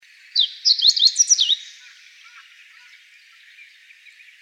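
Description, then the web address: Meadow bunting song, one short burst of quick, high chirping notes with sharp slurred elements lasting about a second, then quiet background. 14 April 2015. "birdenaga hojiro 150414"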